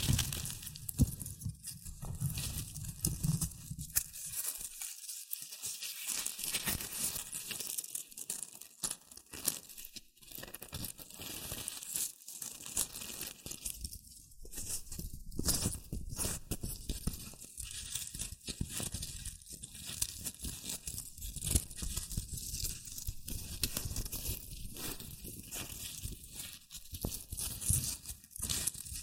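Shredded tissue and packing peanuts rustle and crinkle continuously, dense and crackly with bright hiss, brief lulls near five and ten seconds.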